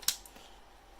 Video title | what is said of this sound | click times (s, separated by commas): Transformers Masterpiece MP-43 Megatron (Beast Wars) | go ahead and bring up this head plate that will click into place there | 0.1 s